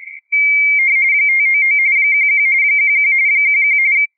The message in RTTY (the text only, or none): 599 11 11 11